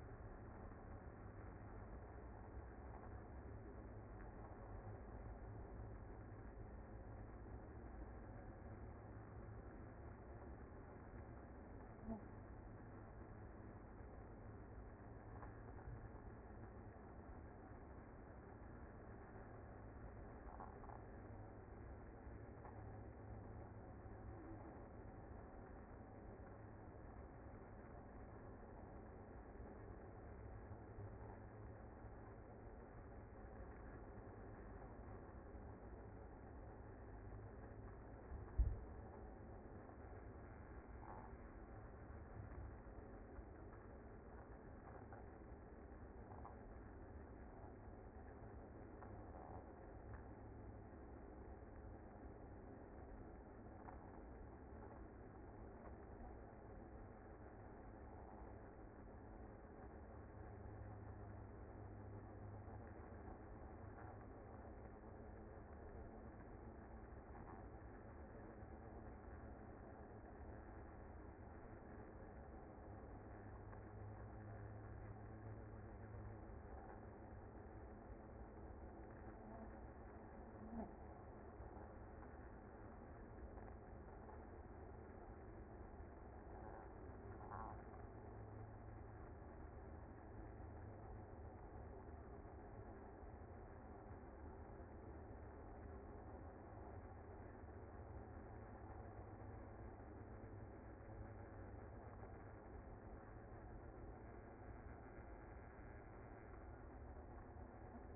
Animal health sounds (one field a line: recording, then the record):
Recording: honeybee colony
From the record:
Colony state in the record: active